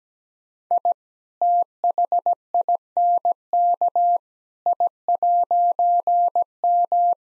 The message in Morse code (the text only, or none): I THINK I'M